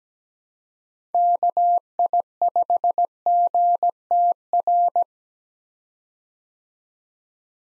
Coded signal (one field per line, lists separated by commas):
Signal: Morse code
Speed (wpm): 17 wpm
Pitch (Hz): 700 Hz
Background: none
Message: KI5GTR